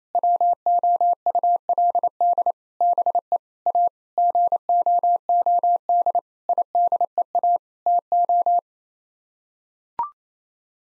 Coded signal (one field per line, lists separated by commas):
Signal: Morse code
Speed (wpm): 28 wpm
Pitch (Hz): 700 Hz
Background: none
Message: WOULD BE A GOOD IDEA TO